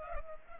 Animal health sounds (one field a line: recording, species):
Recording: mosquito wingbeat signal from an infrared sensor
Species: Culex pipiens